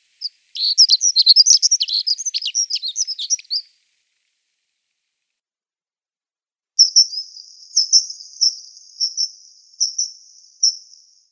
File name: Zavirushka sibirskaja